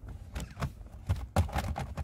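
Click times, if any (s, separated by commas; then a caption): 1.4 s. A triangular plastic trim piece is pushed into its channel at the front grille camera mount of a Renault Talisman during a front camera installation. Several light taps and handling sounds lead up to a loud, sharp snap at 1.4 seconds as the piece seats in the channel, followed by a few softer knocks. No words are spoken.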